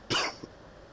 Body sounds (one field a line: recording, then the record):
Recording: coughing mixed with background sound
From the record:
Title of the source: Coughing 60